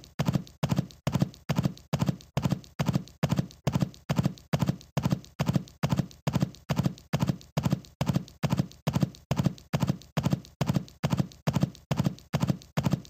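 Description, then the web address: Horse hoofbeats, a steady drumming of running hooves in short clustered bursts repeating just over once a second, even and unbroken throughout. "animals horse horse. running"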